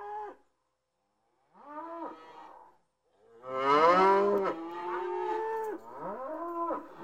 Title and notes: Enscherange - Cow herd. A herd of cows nearby the street on a big meadow. A short excerpt of the sound of them mooing on a mild windy summer afternoon